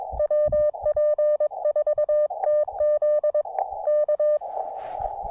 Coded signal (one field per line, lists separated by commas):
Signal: Morse code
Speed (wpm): 22 wpm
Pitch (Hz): 590 Hz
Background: none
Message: WP4TZ K